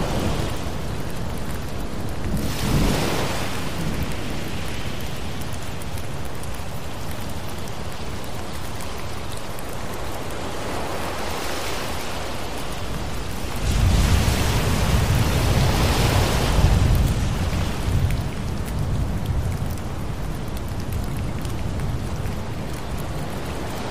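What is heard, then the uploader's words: Steady rain hisses throughout in a dense, even wash. Low rumbles swell around 2–3 seconds and again more strongly from about 14 to 17 seconds, sounding like thunder or waves surging. Between these, the rain stays constant with no distinct pauses. Thunderstorm Rain Sounds With Ocean Waves.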